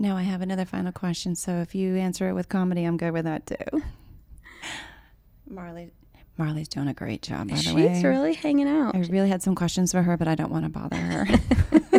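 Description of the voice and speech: An adult interviewer speaks clearly and fluently at an easy pace, with natural pitch and a short pause midway.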